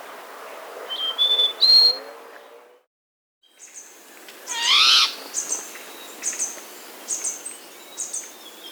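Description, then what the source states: Slaty-backed nightingale-thrush whistling a stepped three-note rising phrase, then after a pause a fuller, ringing phrase, followed by several short, high, thin notes. Recorded in South America.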